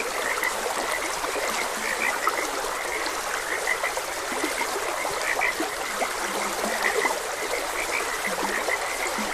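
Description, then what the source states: Frog chorus of short clicky notes, irregularly spaced, with some deeper croaks near the end, all over continuous trickling water. Frogs croaking beside a gentle stream.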